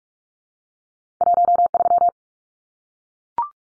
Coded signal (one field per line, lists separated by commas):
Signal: Morse code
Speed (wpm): 44 wpm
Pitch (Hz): 700 Hz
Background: none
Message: 13